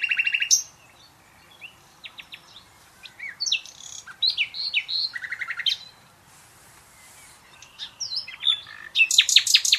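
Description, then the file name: Common nightingale song in separate bursts: scratchy trills, sharp chips, and fluty slurred notes, ending in a loud rapid rattle. "Luscinia megarhynchos"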